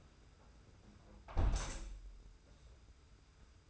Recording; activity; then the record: daily activity, microphone in the room; close window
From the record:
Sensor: 2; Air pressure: 991.2 hPa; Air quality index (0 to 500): 132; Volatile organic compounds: 162 ppm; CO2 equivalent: 4075 ppm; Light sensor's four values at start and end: 38/109/43/41 and 37/108/43/41